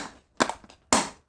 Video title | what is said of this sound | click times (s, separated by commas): 전기실무 검전기를 이용하여 상선찾고 전기램프(전등)스위치설치방법--전기기능사, 전기산업기사 필수 전기실무 | 소리가 나야 됩니다. 탁, 여러분 뭐 잘 아시다시피. | 0.9 s